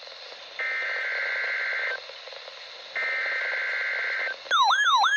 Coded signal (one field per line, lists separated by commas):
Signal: Emergency Alert System (SAME) tones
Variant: header bursts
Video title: KXI66 Required Weekly Test 1/15/25. EAS #226